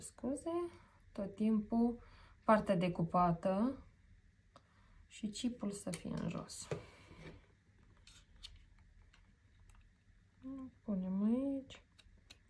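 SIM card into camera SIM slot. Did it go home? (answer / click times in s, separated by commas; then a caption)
no / none. A SIM card is turned chip-down and lined up at the SIM card slot of a 4G solar-charged surveillance camera before being pushed in, while someone talks. Between the speech there are only faint rubbing and handling sounds with a few soft ticks. The card has not seated or clicked yet.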